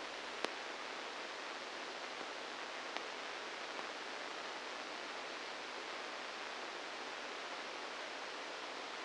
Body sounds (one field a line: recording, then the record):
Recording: brain microelectrode recording played as sound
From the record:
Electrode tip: inside the subthalamic nucleus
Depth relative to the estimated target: -1 mm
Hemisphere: left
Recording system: NeuroSet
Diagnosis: Parkinson's disease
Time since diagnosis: 10 years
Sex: male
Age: 63 years